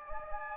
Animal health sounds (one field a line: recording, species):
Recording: mosquito wingbeat signal from an infrared sensor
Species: Anopheles gambiae